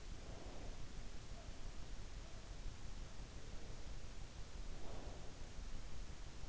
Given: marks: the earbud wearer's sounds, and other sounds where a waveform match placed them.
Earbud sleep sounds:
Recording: sounds in sleep by an in-ear microphone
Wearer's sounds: breath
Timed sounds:
0.00-1.11 s: breath
4.41-5.62 s: breath

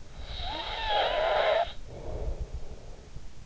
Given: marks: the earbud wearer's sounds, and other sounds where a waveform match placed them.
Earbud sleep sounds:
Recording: sounds in sleep by an in-ear microphone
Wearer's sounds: snoring breath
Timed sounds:
0.05-3.00 s: snoring breath

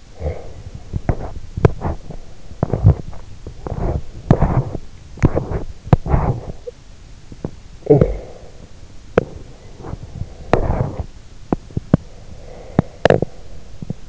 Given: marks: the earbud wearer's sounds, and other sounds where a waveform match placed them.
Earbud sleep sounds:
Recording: sounds in sleep by an in-ear microphone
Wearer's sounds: snoring breath, teeth grinding, talking in sleep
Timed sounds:
0.00-0.71 s: snoring breath
0.86-7.52 s: teeth grinding
7.66-8.33 s: talking in sleep
8.99-14.09 s: teeth grinding

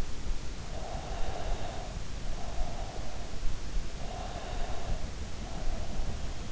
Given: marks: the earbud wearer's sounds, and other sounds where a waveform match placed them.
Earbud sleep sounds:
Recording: sounds in sleep by an in-ear microphone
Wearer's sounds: breath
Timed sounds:
0.72-2.89 s: breath
4.09-6.03 s: breath

